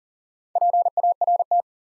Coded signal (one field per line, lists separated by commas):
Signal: Morse code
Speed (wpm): 40 wpm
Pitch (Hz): 700 Hz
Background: none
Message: PART